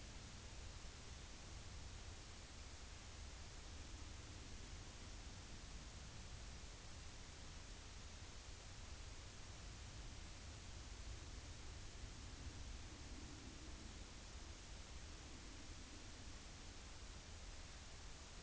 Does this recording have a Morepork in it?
no